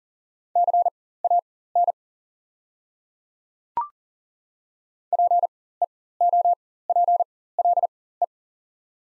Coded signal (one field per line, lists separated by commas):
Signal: Morse code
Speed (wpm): 39 wpm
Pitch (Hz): 700 Hz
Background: none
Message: CAN PEOPLE